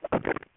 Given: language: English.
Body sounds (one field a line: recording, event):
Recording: throat vibration sensor signal played as sound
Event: swallow